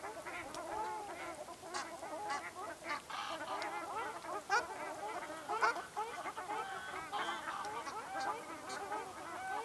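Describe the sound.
Ruddy shelducks in a crowded chorus of short, nasal honks, many birds calling at once, with a few sharper notes standing out midway.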